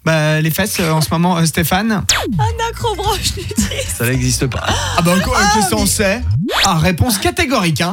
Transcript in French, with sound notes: les fesses en ce moment, Stéphane. Un accrobranche nudiste. (rires) Ça n’existe pas. Ah bon, qu’est-ce qu’on sait? Ah, réponse catégorique, hein.